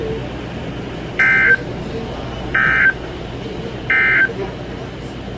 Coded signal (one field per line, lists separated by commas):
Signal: Emergency Alert System (SAME) tones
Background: speech